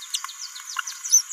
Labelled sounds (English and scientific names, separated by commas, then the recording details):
Green-rumped Parrotlet (Forpus passerinus) babbling
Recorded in a nest box in Venezuela
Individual 18B17A4